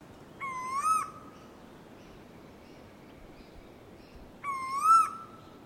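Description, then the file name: Bird call: two clear whistled notes about four seconds apart, each a slightly rising, ringing whistle with a bright overtone. Unidentified bird call at Noosa. "BIRD UNKNOWN NOOSA CALL"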